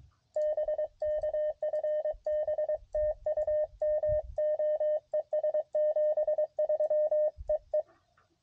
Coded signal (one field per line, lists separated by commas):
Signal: Morse code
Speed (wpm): 22 wpm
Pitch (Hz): 620 Hz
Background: radio noise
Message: BK FB TU MO ES 73 EE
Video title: CW POTA Activation On The Mountain Topper